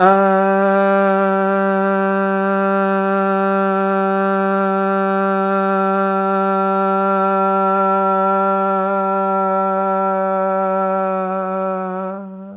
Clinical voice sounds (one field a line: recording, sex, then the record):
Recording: sustained vowel /a/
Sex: male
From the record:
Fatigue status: no fatigue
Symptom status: asymptomatic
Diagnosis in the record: COVID-19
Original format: 3gp